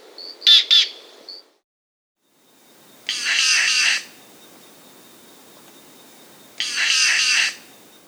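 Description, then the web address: Green jay calls: a pair of sharp ringing notes, then two longer harsh rasping scolds several seconds apart, over a low hiss. South America. "Natures Songs S America Green Jay (Cyanocorax Yncas)"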